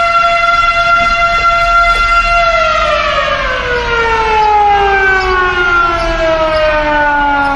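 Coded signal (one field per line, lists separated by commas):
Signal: siren signal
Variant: Federal Signal Model 5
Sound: loud steady rich siren wail that begins winding down, pitch sliding lower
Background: outdoor ambience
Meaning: Short alert calling out the fire department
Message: 1 short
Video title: Classic Siren Recordings - Federal Signal Model 5 short alert (intense!)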